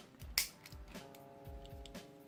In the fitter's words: and you'll hear it click.